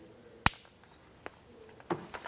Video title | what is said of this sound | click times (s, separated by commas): How to Replace Engine Oil Cooler Line 2014-2019 Toyota Highlander | off go ahead and reconnect that now you push in and you'll hear a click | 0.5 s